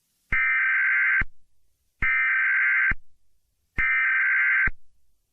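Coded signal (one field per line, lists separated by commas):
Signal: Emergency Alert System (SAME) tones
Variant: header bursts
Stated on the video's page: Fictional EAS scenario or mock, not a real alert.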